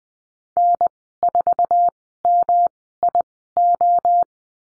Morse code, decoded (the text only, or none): N4MIO